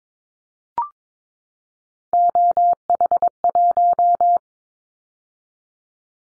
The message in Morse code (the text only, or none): OH1